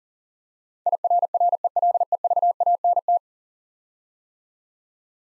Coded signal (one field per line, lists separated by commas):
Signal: Morse code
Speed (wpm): 44 wpm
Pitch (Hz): 700 Hz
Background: none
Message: IRRELEVANT